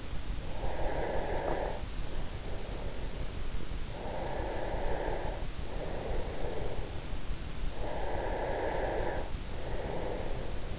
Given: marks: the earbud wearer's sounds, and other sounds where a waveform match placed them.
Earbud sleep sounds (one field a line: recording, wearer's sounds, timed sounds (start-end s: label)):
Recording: sounds in sleep by an in-ear microphone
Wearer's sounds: breath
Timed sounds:
0.00-3.63 s: breath
3.69-7.41 s: breath
7.60-10.79 s: breath